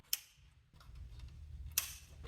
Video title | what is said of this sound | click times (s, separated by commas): Valve Cover Gasket Replacement - 2008 Infiniti FX35 | you want to make sure this tab right here is on the bottom and these will click right in | 0.1 s, 1.8 s